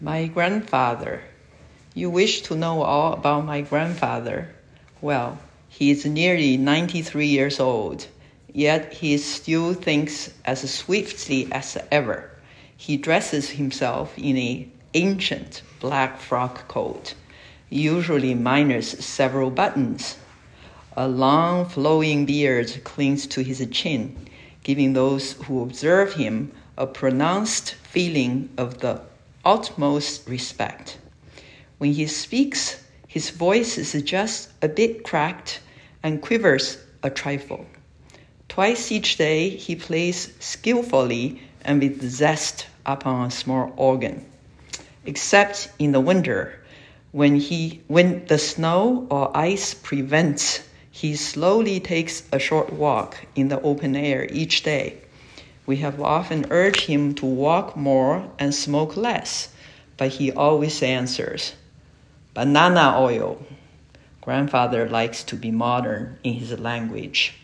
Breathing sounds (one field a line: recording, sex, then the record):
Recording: reading aloud after running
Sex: female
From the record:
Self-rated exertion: light exertion (2 of 6)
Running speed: 5 miles an hour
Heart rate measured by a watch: 54 beats a minute at the start, 57 at the end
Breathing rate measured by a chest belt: 12 breaths a minute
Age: 62 years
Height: 160 cm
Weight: 54 kg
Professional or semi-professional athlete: no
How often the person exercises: 3 to 5 times a week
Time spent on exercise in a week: 3 to 4 hours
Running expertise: no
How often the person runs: 3 to 5 times a week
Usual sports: running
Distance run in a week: 30 km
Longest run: 42 km